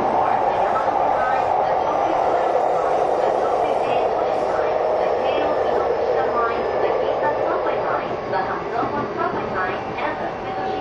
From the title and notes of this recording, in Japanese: 相鉄12000系 相鉄・埼京線特急・普通 01/01:海老名～新宿。相鉄・埼京線直通＂特急・普通＂の列車走行音。